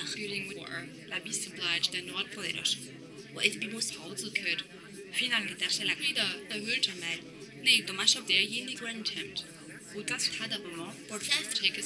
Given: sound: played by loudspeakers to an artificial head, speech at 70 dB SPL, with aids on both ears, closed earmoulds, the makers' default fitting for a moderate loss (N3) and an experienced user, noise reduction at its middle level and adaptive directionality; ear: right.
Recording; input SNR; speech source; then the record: speech test signal (ISTS) in cocktail-party noise; 0 dB; in front (0 degrees)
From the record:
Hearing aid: class 2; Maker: J